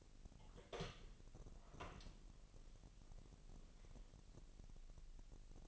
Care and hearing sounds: daily activity, microphone in the room; open door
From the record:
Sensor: 4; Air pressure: 1002.0 hPa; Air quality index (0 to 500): 248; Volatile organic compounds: 41 ppm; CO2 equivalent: 3170 ppm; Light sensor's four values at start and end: 9/21/8/7 and 9/20/8/7

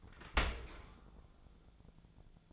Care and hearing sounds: daily activity, microphone in the room; open dishwasher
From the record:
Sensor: 5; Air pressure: 1000.6 hPa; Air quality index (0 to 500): 152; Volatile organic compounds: 2 ppm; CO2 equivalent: 1167 ppm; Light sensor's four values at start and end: 41/94/40/43 and 41/94/40/43

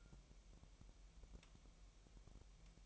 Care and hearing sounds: daily activity, microphone in the room; take from stove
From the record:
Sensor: 1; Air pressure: 1002.0 hPa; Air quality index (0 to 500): 247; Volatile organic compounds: 52 ppm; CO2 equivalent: 3316 ppm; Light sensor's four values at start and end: 6/13/5/6 and 6/13/5/6

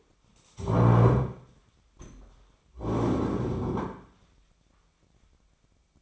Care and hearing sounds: daily activity, microphone in the room; stand up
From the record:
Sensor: 1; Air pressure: 1009.3 hPa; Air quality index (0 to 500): 179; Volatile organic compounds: 3 ppm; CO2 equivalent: 1512 ppm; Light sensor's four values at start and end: 46/123/51/61 and 43/114/48/57

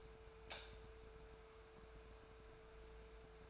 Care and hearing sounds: daily activity, microphone in the room; light on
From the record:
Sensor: 2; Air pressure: 1014.4 hPa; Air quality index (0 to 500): 178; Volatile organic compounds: 12 ppm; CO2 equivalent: 2351 ppm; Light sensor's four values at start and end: 11/28/11/12 and 16/45/18/18

